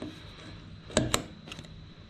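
A plastic fuel pump filter retainer, held by small ears, is slid back onto the fuel pump module of a Jeep Wrangler TJ. Two sharp clicks at 1.0 s and 1.1 s are followed by a few faint ticks around 1.5–1.7 s over a quiet background hum. The retainer snaps into place and is confirmed seated.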